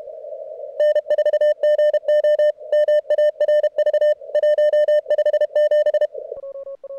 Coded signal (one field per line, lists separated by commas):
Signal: Morse code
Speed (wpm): 30 wpm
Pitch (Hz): 590 Hz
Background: radio noise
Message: N4GO MARV 157